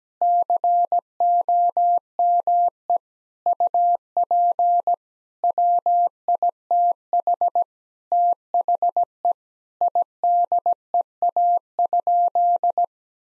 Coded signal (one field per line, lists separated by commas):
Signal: Morse code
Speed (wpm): 17 wpm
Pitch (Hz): 700 Hz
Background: none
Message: COME UP WITH THE IDEA?